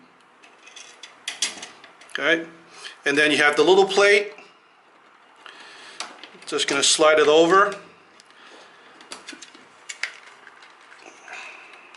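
During reassembly of a compact Grizen GMAG paintball magazine for the M17, the small plastic plate is handled and slid over the magazine body while someone talks. Sharp plastic taps and clicks occur around 1.0–1.8 s, 5.5–6.2 s and 9.1–10.0 s. Nothing has seated or clicked into place yet.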